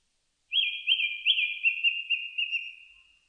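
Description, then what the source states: Japanese thrush song phrase: clear whistled notes running into a rapid series of repeated trilled elements, fading steadily over about two and a half seconds. Recorded 4 May 2001.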